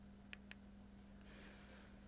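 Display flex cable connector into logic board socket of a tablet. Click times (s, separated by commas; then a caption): 0.3 s, 0.5 s. During an iPad 9th Gen display and digitizer replacement, a display flex cable connector is pressed onto its logic board socket. Two sharp, short clicks are heard at 0.3 s and 0.5 s over a steady low hum. The connector is seated with a positive click rather than a mushy feel.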